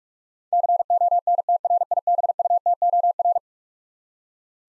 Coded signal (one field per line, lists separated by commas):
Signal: Morse code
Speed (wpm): 42 wpm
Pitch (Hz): 700 Hz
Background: none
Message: CONTRIBUTOR